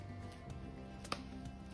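A plastic styling attachment is pushed onto the motor unit of an Aprilla Pro Styler AHS 2036 hair styler, with steady tonal music playing underneath. After a struggle, because the attachment is hard to seat, it snaps home with a sharp click at 1.1 s. It is then firmly seated and solid.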